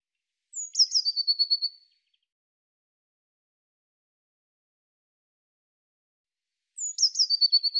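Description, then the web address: Eurasian blue tit giving two phrases about six seconds apart. Each has a high thin opening and a quick, evenly repeated trill; otherwise silent. Cleaned and normalized. "Deverinetal"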